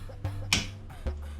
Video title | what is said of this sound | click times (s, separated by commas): Replacing the G35 exhaust valve timing control sensor | that click sound all right it's fully fastened | 0.5 s